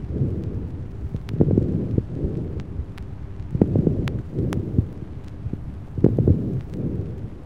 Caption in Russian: У больного с абсцессом легкого. Прослушиваются звонкие, средние, крупнопузырчатые влажные хрипы на фоне бронхиального дыхания.